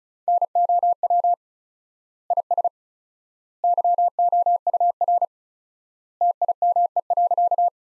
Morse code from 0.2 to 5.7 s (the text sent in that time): NOW IS YOUR